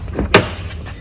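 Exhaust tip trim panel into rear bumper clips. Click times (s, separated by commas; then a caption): 0.3 s. A black optic exhaust tip trim panel for a 2022 Audi A4, A5 or A5 Sportback is pushed by hand, with no hammering, into its clips in the rear bumper. After a couple of faint knocks, a sharp snap at 0.3 s marks the trim locking into the clips, and it is seated.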